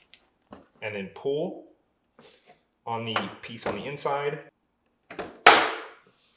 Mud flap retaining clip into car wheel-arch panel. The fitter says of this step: There we go. Once you hear the loud click, you